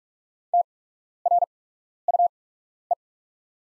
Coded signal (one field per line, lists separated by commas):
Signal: Morse code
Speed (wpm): 44 wpm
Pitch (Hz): 700 Hz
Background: none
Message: TRUE